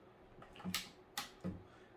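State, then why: Seated. An XPG DDR4 3200 MHz memory stick, lined up with the notch, is pressed down into a motherboard DIMM slot. Two sharp clicks at 0.7 s and 1.2 s mark the retention levers snapping shut, and the stick is seated.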